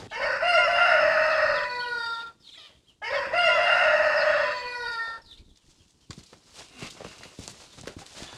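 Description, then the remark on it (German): A rooster crows loudly twice in quick succession, each harsh, drawn-out call lasting about two seconds, followed by scattered rustling and faint outdoor noise. “Das ist aber auch so ein Brüllwürfel, dieser Hahn. Meine Zeit, der ist viel lauter als zuletzt.”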